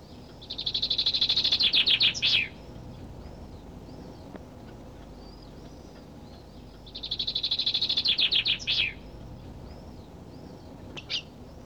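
Finch song: two quick, bright trills several seconds apart, with a faint single chirp near the end.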